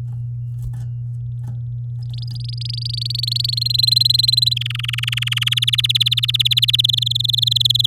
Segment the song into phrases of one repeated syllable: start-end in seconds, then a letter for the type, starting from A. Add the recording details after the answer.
2.03-3.54 A, 3.57-4.54 B, 4.56-5.49 C, 5.51-6.81 D, 6.84-7.86 E. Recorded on 8 May 2018 at 12:06. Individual llb16